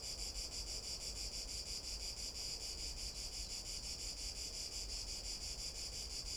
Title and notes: Unnamed Road, 46012, 46012 Valencia, España - Paseo por la Albufera. Una tarde de paseo por la Albufera de Valencia. Paseamos alrededor del lago, en este caso por unas pasarelas en donde nos paramos para grabar a una Chicharra [Cicadidae]